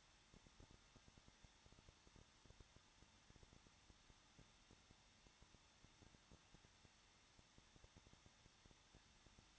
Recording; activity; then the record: daily activity, microphone in the room; no activity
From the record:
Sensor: 3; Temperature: 21.2 degrees Celsius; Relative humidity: 36.5%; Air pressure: 1006.4 hPa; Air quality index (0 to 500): 224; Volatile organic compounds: 44 ppm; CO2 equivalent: 3215 ppm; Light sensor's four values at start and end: 2/3/2/2 and 2/3/2/2